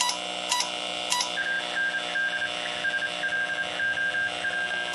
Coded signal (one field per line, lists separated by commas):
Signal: Morse code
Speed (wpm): 28 wpm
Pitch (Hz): 1600 Hz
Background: none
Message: AND SLOP